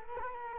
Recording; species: mosquito wingbeat signal from an infrared sensor; Culex quinquefasciatus